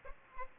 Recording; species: mosquito wingbeat signal from an infrared sensor; Aedes aegypti